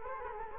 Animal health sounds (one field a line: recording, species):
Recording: mosquito wingbeat signal from an infrared sensor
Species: Culex quinquefasciatus